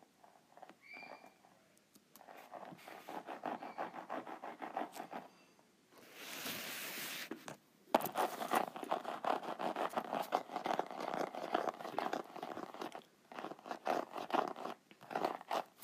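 Fingernails scratch and tap quickly across a ridged notepad, making a dense, crackly run of tiny clicks. Around six seconds a smoother rubbing swish takes over briefly, then louder rapid scratching returns and continues with only short pauses to the end.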